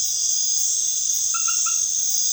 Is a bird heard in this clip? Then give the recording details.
no. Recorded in dense forest near Puerto Asís, Putumayo, Colombia, on 19 February 2024 at 21:30. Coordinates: 0.505, -76.324. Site G6467